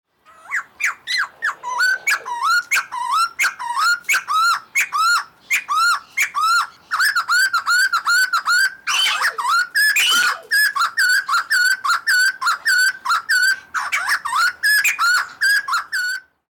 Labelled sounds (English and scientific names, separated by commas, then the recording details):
White-crested Laughingthrush (Garrulax leucolophus)
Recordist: Tembrock, Günter
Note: Männchen: Rufreihe